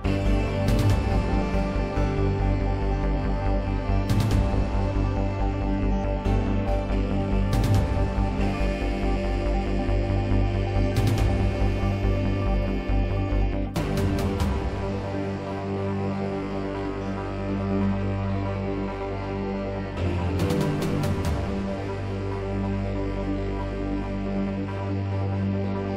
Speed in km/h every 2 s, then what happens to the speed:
135, 137, 137, 137, 137, 137, 137, 137, 137, 137, 137, 137, 137.
0-26 steady at about 137.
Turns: none.